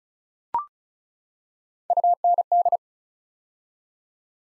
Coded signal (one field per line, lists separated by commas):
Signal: Morse code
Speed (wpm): 36 wpm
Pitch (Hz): 700 Hz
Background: none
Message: UND